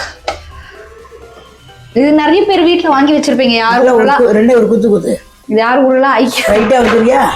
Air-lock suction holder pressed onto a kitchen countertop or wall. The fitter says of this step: இதை நம்ம ஜஸ்ட் ஒரு இங்க பிரஸ் பண்ணோம்னா சவுண்ட் வரும் ஏர் லாக் ஏர் லாக்